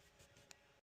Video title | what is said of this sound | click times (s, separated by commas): Bambu Lab P1S AMS Filament keeps trying to retract. | And it'll click right in. Hear that click? That's what you want to hear. | 0.5 s